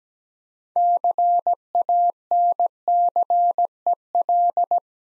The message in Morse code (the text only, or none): CANCEL